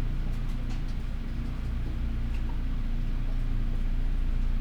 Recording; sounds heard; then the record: poultry house recording; healthy chickens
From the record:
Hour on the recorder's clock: 12